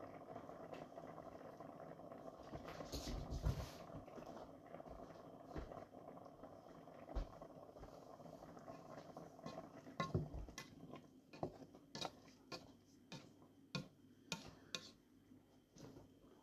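Cooking sounds: a steady low sizzle runs throughout, with louder clattering bursts around three and ten seconds. In the second half, sharp regular taps come every second or so, like chopping, over the continuing hiss of frying.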